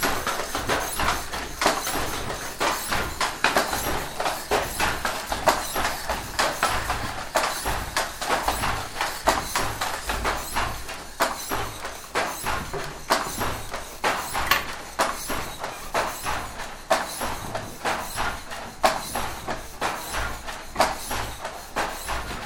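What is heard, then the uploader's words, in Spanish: Looms clatter in Oaxaca, a dense, steady stream of sharp wooden knocks and clacks repeating at a quick, uneven rhythm for the whole clip. The knocking sits bright and crisp over a low rumble, with no pauses or change in pace. Fonografias_Telares_Oaxaca.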